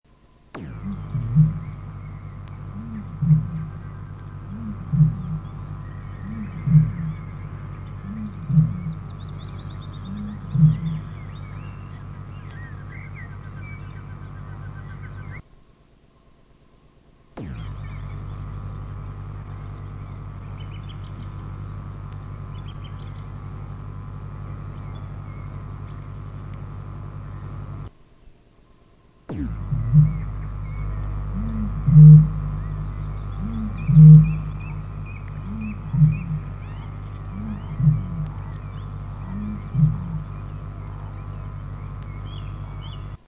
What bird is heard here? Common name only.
Great Bittern